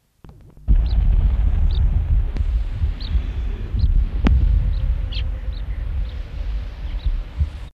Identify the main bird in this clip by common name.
Grey-backed Sparrow-Lark